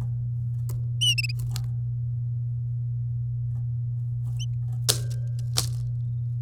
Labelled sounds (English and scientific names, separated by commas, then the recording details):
Domestic Canary (Serinus canaria) song
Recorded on 10 May 2018 at 08:49
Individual llb16